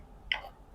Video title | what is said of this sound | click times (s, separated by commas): Angel വാവയുടെ പുതിയ Walker ന്റെ Unboxing & fitting vlog • New product vlog • Trinika meria | ഈ രണ്ട് ടയറും ഇപ്പൊ ലോക്ക് ആയിട്ടുണ്ട്. | 0.3 s